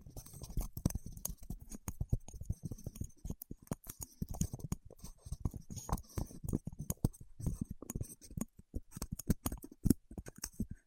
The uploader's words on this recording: ASMR with Wax Fingertips for Sleep (No Talking).